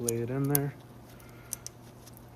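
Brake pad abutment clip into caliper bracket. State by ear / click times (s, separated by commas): seated / 1.5 s, 1.7 s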